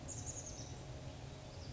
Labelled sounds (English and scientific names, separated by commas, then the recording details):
Chestnut-backed Chickadee (Poecile rufescens)
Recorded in Sonoma County, California